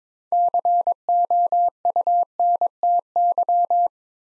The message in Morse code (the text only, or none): COUNTY